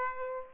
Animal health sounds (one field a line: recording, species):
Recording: mosquito wingbeat signal from an infrared sensor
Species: Aedes aegypti